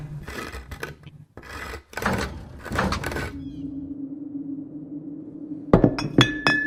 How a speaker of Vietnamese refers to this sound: Cánh cửa sổ lớn trong phòng ngủ bất chợt bung ra. Những cơn gió từ đâu thổi thôn thốc, từng cơn buốt giá lùa vào bên trong căn phòng, khiến cho đồ đạc văng tứ tung.